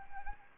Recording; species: mosquito wingbeat signal from an infrared sensor; Anopheles arabiensis